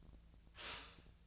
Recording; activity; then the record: daily activity, microphone in the room; stop toaster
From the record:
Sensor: 2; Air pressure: 1009.1 hPa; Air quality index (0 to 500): 186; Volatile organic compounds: 11 ppm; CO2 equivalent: 2306 ppm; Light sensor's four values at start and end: 23/56/24/26 and 23/56/24/26